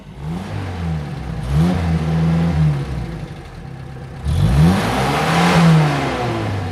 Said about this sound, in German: Nun das Auto.